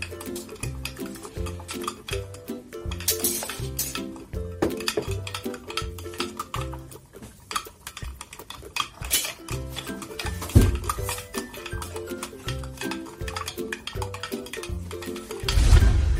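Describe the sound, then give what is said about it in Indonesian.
A spoon clinks and scrapes against a cup in scattered light taps while two spoonfuls of red honey are stirred into a warm drink, over a steady tonal background, with no talking. “Saya pakai dua sendok.”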